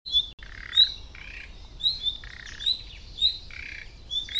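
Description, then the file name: Common nightingale calling: short upslurred whistles, some doubled, mixed with harsh, croaking rasps. "Luscinia megarhynchos"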